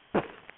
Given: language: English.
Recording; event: throat vibration sensor signal played as sound; cough